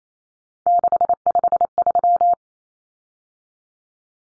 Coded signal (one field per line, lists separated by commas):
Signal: Morse code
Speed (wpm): 28 wpm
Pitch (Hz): 700 Hz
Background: none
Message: 653